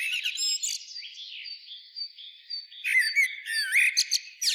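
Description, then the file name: Common blackbird calls with many overlapping chirps, whistled slurs and squeaky notes, a quieter warbling stretch in the middle before a dense burst of bright chirping. "Turdus merula"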